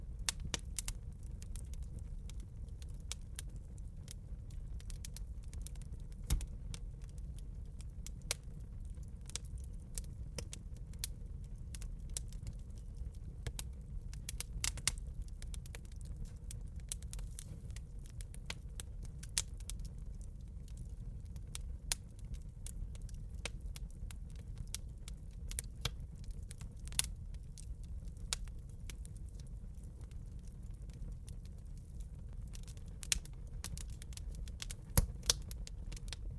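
A campfire burns steadily, with a soft, constant low roar underneath. Sharp crackles and pops snap through at irregular moments, sometimes in quick clusters, a few louder ones standing out near the end. The sound stays even throughout.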